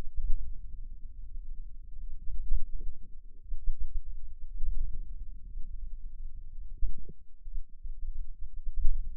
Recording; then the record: forearm muscle sounds (acoustic myography)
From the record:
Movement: hand opening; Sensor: system 2, bracelet of six BSWA MPA416 microphones around the upper forearm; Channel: 5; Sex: male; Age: 22 years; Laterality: right